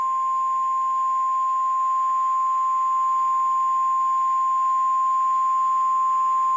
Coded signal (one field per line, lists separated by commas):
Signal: Emergency Alert System (SAME) tones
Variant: 1050 Hz attention tone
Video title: Emergency Alert System - LIAMS RANDOM INTROSPECTIVES (Halloween special)